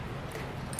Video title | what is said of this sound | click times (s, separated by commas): Hands-On with the etrailer SD Non-Binding Tow Bar for Duncan Base Plates | and when you get far enough you can hear they lock into place | 0.8 s